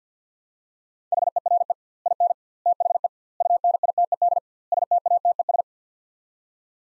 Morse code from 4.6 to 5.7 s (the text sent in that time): STATES